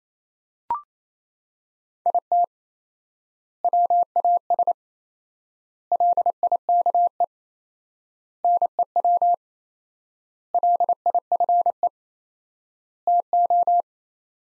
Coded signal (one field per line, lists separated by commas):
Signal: Morse code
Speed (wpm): 28 wpm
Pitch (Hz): 700 Hz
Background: none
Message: IT WAS LIKE NEW LIFE TO